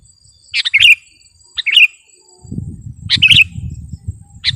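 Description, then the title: Sooty-headed bulbul song: quick bubbly phrases of a few chirpy notes, four in under five seconds, with low rumbling noise in the second half. "kutilang"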